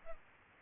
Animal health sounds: mosquito wingbeat signal from an infrared sensor; Culex pipiens

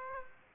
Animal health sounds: mosquito wingbeat signal from an infrared sensor; Aedes aegypti

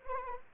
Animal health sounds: mosquito wingbeat signal from an infrared sensor; Anopheles arabiensis

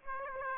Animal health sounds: mosquito wingbeat signal from an infrared sensor; Aedes aegypti

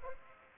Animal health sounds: mosquito wingbeat signal from an infrared sensor; Culex pipiens

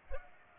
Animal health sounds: mosquito wingbeat signal from an infrared sensor; Culex pipiens

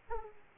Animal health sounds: mosquito wingbeat signal from an infrared sensor; Aedes aegypti

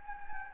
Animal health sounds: mosquito wingbeat signal from an infrared sensor; Anopheles gambiae

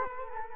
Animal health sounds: mosquito wingbeat signal from an infrared sensor; Culex quinquefasciatus

